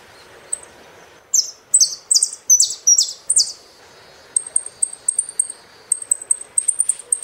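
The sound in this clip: Saffron finch song: a burst of loud descending slurred notes followed by rapid, closely repeated high chips.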